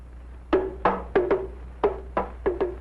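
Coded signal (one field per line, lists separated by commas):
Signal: talking drum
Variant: Ashanti (Akan) talking drum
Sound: eight resonant drum strokes in an uneven rhythm, with varying pitch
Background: low hum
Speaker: This small drum is used for sending messages short distances. The pitch of the drum is changed by pressing on it. Mr. Ite is signaling a lion is near the village.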